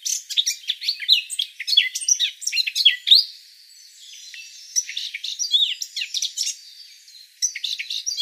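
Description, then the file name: Eurasian blackcap song, fast chattery warbling that fades to a quiet stretch midway and then resumes in bursts. "Sylvia atricapilla"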